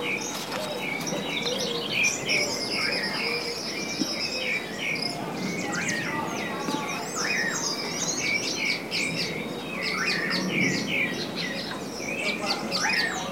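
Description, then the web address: Birds chirping and warbling together in a dense, continuous chorus of high slurred notes throughout. "os passaros"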